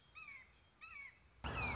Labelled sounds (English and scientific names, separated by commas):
Red-shouldered Hawk (Buteo lineatus)